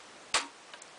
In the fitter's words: and then click it in